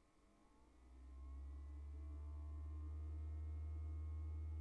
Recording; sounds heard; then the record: poultry house recording; no chicken sound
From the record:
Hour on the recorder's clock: 18